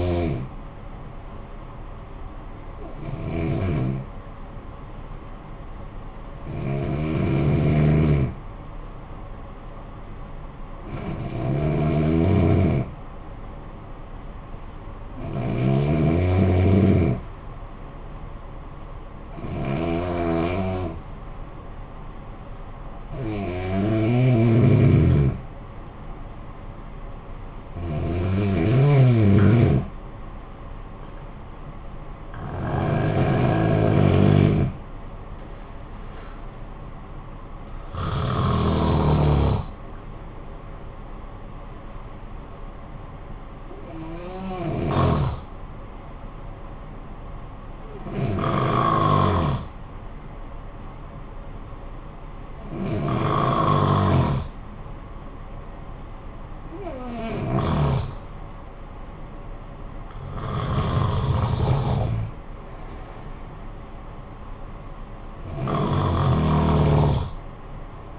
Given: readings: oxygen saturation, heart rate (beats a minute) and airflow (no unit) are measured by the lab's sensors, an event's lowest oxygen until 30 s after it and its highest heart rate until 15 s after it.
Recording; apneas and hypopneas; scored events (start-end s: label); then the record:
breathing in sleep by a smartphone at the bedside; 2
4.00-22.50 s: hypopnea (N2, oxygen 95% highest, then 89% lowest, heart rate 53 at the start, 62 highest)
41.00-59.80 s: hypopnea (N2, oxygen 94% highest, then 91% lowest, heart rate 55 at the start, 66 highest)
From the record:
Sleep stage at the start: N2 (light sleep); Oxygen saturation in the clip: 87 to 95%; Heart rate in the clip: 53 to 66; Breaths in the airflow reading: 16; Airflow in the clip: -12.6 to 8.2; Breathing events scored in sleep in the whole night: 445 in 7.6 hours asleep